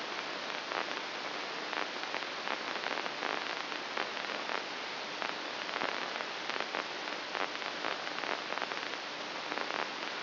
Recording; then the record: brain microelectrode recording played as sound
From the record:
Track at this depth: inside the subthalamic nucleus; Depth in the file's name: 2.604 mm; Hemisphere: right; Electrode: 2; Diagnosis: Parkinson's disease